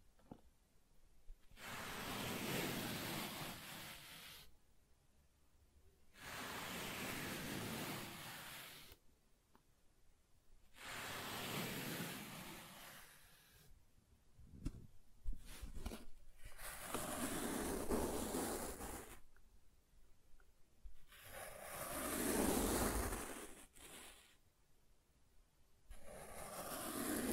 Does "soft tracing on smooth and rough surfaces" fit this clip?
yes